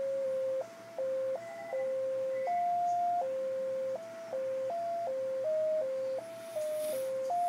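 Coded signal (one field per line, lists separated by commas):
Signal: JT65, JT9 or WSPR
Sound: a pure tone hopping between a few low pitches in slow, uneven steps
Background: room hum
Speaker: okay he got my 73 there so we're going to send a 73 get ready with the mic here we go and we're keyed up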